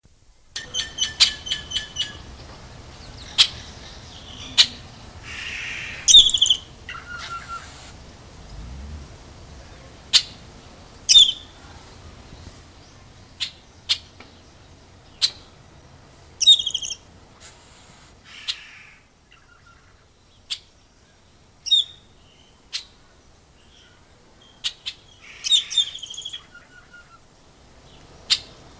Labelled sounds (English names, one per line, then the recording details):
Scarlet-headed Blackbird
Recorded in captivity
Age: adult
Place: Zoo Berlin, Berlin, DE
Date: 2000-08-29 10:43
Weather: fair, 21°C
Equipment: Nagra SN, Kopie Uher 4000 Report Monitor
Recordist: Tembrock, Günter